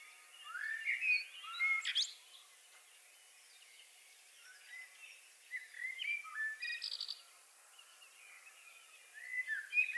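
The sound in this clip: Common blackbird song: rich warbling phrases with high, scratchy endings, delivered three times with silent pauses between them.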